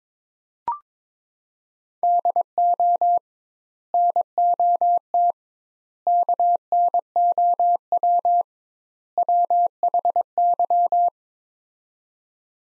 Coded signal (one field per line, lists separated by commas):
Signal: Morse code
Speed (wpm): 22 wpm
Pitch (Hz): 700 Hz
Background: none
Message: DO NOT KNOW WHY